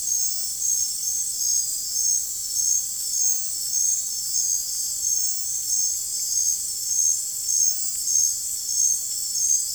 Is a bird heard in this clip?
no